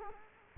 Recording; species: mosquito wingbeat signal from an infrared sensor; Culex quinquefasciatus